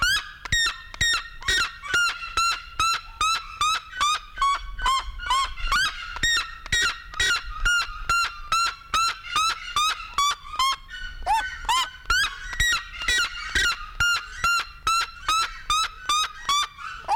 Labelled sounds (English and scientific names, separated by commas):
Red-legged Seriema (Cariama cristata) call